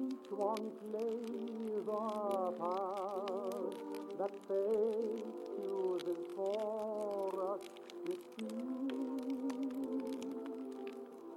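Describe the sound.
Oldies music with a wavering, sustained vocal melody plays from another room, while a fireplace crackles with frequent sharp pops throughout.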